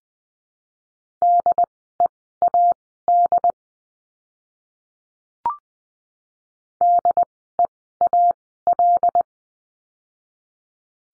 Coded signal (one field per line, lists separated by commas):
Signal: Morse code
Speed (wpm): 20 wpm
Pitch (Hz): 700 Hz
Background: none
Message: DEAD DEAL